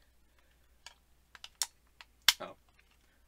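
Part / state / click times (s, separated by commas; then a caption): plastic leg into a transforming robot toy hip joint / partly seated / 2.3 s. A plastic leg is moved back into the hip joint of the Donbrothers DX Don Onitaijin transforming robot toy, with a few light plastic clicks and taps before a louder click at 2.3 s. The joint only partly seats: the leg has not clicked all the way back, so the legs would not work.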